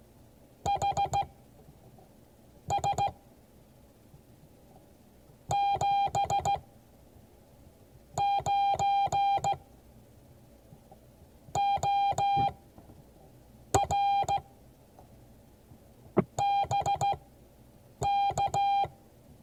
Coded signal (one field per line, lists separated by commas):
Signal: Morse code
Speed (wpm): 15 wpm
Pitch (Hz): 800 Hz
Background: none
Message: HS 79 OR BK